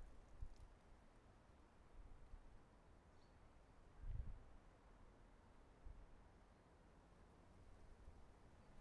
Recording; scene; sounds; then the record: everyday scene through a hearing-aid microphone; wind on the microphone; wind, traffic, birds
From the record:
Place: suburban garden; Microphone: behind the ear, right, rear